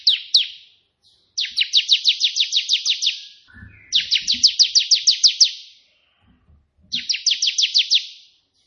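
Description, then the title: Prinia song: trills of about seven to ten quick buzzy notes, separated by short pauses, plus faint low knocks. White prenjak song in three 'tembakan' variations, suitable for tutoring pet prenjak. "3 VARIASI TEMBAKAN prenjak putih ini COCOK untuk masteran prenjak anda"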